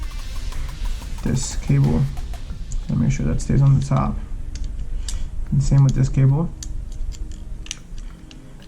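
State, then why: Seated. During reassembly of a PS Vita 1000 handheld game console after an analog stick swap, a ribbon cable is positioned and the part is pressed down into place while someone talks. Small sharp taps and clicks follow, and the part clicks into place, seated, at 7.7 seconds.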